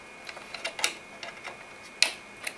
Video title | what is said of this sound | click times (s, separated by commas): ASUS Z77 Sabertooth Overview at HiTechLegion.com | they will actually snap into place | 2.0 s